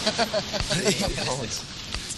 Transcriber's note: laughter